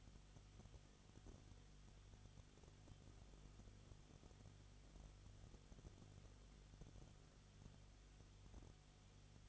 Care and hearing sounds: daily activity, microphone in the room; no activity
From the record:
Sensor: 4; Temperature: 22.7 degrees Celsius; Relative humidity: 31.7%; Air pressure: 995.4 hPa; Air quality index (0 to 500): 158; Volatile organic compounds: 2 ppm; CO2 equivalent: 1254 ppm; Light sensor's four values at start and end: 2/3/1/1 and 2/3/1/1

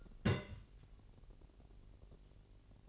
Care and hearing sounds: daily activity, microphone in the room; place on stove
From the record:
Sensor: 4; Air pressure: 1002.8 hPa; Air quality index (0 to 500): 234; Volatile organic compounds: 9 ppm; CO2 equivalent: 2197 ppm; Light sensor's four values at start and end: 7/15/6/6 and 7/15/6/6

